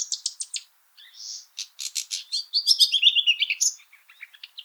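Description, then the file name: Common nightingale song phrase: a run of sharp repeated high notes, a short buzzy burst, then rapid rattling notes sliding downward in a varied sequence, ending with scattered chips. "Luscinia megarhynchos"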